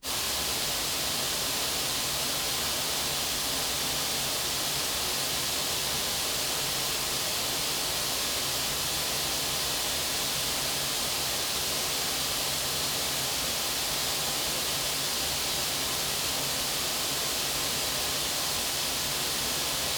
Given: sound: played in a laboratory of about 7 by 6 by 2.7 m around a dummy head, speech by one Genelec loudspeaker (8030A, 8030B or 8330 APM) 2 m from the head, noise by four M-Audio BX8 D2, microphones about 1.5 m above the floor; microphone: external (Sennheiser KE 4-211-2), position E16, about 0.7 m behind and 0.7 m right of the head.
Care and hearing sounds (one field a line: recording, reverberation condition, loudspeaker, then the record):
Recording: white noise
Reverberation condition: medium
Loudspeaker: four, about 170 cm from the corners of the room and facing them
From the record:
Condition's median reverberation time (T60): about 510 ms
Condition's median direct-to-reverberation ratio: about -0.5 dB